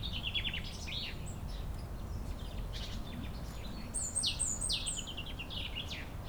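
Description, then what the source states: Common Chaffinch singing a brisk, tumbling phrase at the start, followed by high thin notes, over a continuous low background hum. Singing near Chindrieux's oldest tree, a centuries-old lime tree, in a neighbourhood park in Chindrieux, France.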